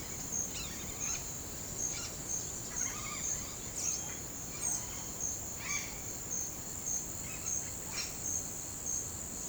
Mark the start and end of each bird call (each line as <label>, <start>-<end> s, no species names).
bird call, 0.00-1.25 s
bird call, 1.91-3.28 s
bird call, 3.68-4.13 s
bird call, 4.58-4.77 s
bird call, 5.63-5.94 s
bird call, 7.20-8.21 s